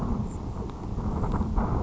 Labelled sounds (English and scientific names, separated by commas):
Grasshopper Sparrow (Ammodramus savannarum)